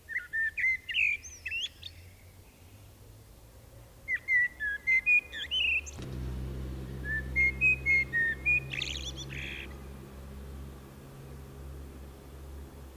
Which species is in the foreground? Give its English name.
Common Blackbird